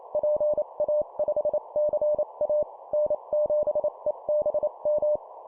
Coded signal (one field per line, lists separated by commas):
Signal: Morse code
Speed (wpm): 28 wpm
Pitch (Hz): 600 Hz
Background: none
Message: PA5CA N7EBM